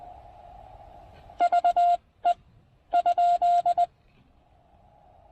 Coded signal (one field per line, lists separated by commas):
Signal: Morse code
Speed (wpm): 19 wpm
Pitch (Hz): 700 Hz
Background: none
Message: VE ?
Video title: Importance of Quality Feedline and QRP POTA Activation at Tuttle Educational State Forest!